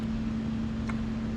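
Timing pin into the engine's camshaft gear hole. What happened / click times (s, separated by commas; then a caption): The steel pin is handled but has not yet dropped home / none. A steel timing pin is held pressed against the camshaft gear of a Cummins engine with a P7100 pump while the engine is barred over by hand, waiting for the pin to drop into the gear's hole at top dead centre. A steady low hum runs throughout, with one brief, faint tick at about 0.9 s. Nothing has seated or clicked yet; the pin has not dropped into the gear.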